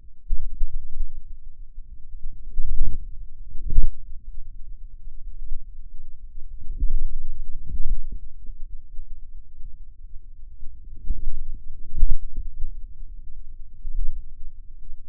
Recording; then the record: forearm muscle sounds (acoustic myography)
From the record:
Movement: inward rotation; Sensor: system 2, bracelet of six BSWA MPA416 microphones around the upper forearm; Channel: 5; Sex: male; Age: 22 years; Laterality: right